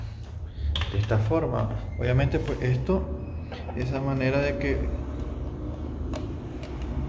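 An Ethernet cable plug is pushed into the network port of a security camera and seats with a sharp click at 0.8 s. Someone talks throughout, with a few faint taps later in the clip.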